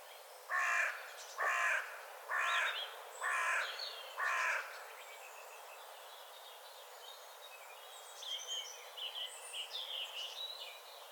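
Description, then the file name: Carrion crow giving five harsh, hoarse caws about one per second, then falling silent while small birds chirp and twitter in the background. "Corvus corone"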